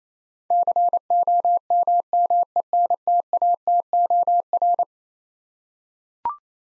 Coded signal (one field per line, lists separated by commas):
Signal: Morse code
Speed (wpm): 27 wpm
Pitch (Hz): 700 Hz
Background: none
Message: COMMENTATOR